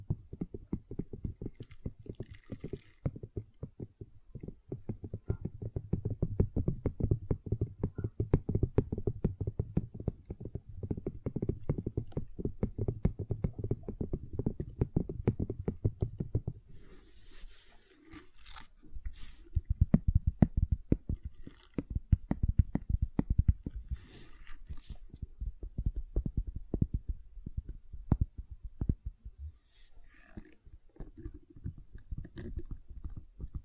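Gentle silicone sounds: dense soft squishing and tapping, low and muffled for the first sixteen seconds, then sparser with brighter crinkly clicks.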